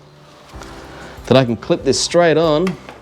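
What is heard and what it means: A plastic strap clip is handled and lined up to go straight onto its mount on the shell of a Leatt Dual Axis motocross knee/shin guard while someone talks, with a brief soft knock at about 0.6 s and faint music underneath. Nothing has seated or clicked yet.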